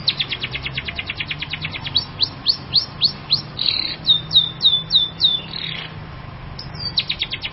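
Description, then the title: Long-tailed shrike song: a fast run of sharp, high downward-sweeping notes, then slurred whistles and a short burst of repeated sweeps at the end. Champion singing bird. "Kicau Burung Cendet Juara"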